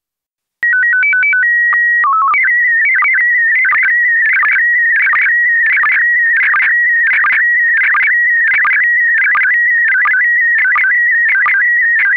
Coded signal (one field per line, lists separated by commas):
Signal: SSTV (slow-scan television)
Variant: PD 90